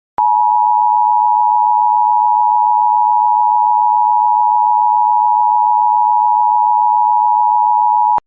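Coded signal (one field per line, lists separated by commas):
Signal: Emergency Alert System (SAME) tones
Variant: 853 and 960 Hz attention tone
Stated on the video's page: EAS fire warning for Chelan County, Washington.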